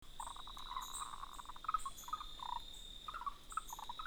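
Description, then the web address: Frogs giving short croaking calls at irregular intervals over a constant high-pitched insect hum, with faint chirps above. Recorded on 3 June 2018. "frog 20180603"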